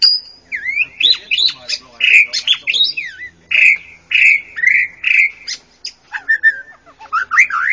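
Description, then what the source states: Java sparrow song: a fast, busy run of chipping, clicking and short slurred notes, with several brief rising whistles repeated in a steady chattering rhythm. Chirping.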